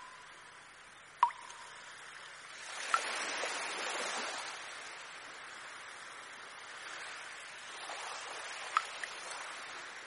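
Water drops fall in sharp, isolated plinks near the start, around three seconds and near nine, over a soft hiss of washing water that swells and fades.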